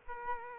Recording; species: mosquito wingbeat signal from an infrared sensor; Aedes aegypti